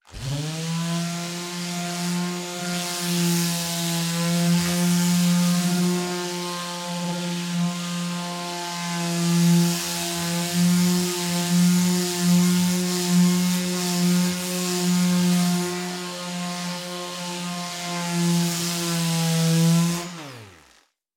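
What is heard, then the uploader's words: An electric sander with 180-grit paper runs steadily for about twenty seconds, a buzzing motor hum with a bright, hissing scrape layered on top. The pitch stays nearly constant, wavering slightly as pressure shifts, then the machine cuts off abruptly just before the end. TOOLPowr_ElectricSander180Grit_RDC_SOTSW.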